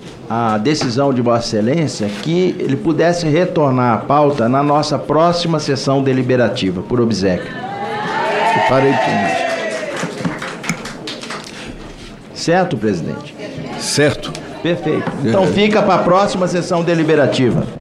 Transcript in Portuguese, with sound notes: a decisão de Vossa Excelência, que ele pudesse retornar à pauta na nossa próxima sessão deliberativa, por obséquio. Certo, presidente?" (Manifestação da plateia.) "Certo." "Perfeito. Então, fica para a próxima sessão deliberativa."